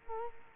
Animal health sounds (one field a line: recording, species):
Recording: mosquito wingbeat signal from an infrared sensor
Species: Culex quinquefasciatus